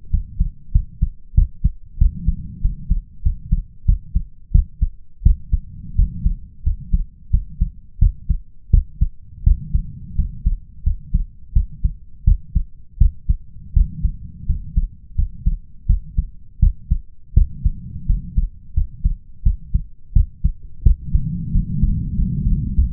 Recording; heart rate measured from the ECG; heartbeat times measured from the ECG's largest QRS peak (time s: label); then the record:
heart sounds by stethoscope; 87 bpm
0.10 s: heartbeat
0.71 s: heartbeat
1.34 s: heartbeat
1.97 s: heartbeat
2.61 s: heartbeat
3.22 s: heartbeat
3.85 s: heartbeat
4.51 s: heartbeat
5.22 s: heartbeat
5.95 s: heartbeat
6.63 s: heartbeat
7.30 s: heartbeat
7.98 s: heartbeat
8.70 s: heartbeat
9.43 s: heartbeat
10.15 s: heartbeat
10.83 s: heartbeat
11.53 s: heartbeat
12.24 s: heartbeat
12.98 s: heartbeat
13.73 s: heartbeat
14.46 s: heartbeat
15.15 s: heartbeat
15.86 s: heartbeat
16.59 s: heartbeat
17.33 s: heartbeat
18.06 s: heartbeat
18.73 s: heartbeat
19.42 s: heartbeat
20.12 s: heartbeat
20.82 s: heartbeat
21.51 s: heartbeat
22.15 s: heartbeat
22.74 s: heartbeat
From the record:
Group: healthy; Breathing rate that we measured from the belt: 16 breaths a minute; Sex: male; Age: 21 years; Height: 180 cm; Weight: 67.5 kg